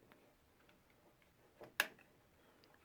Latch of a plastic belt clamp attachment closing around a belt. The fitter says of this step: put the latch down and that's locked into place